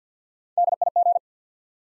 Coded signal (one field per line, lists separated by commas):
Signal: Morse code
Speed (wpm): 50 wpm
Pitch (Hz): 700 Hz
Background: none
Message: DIG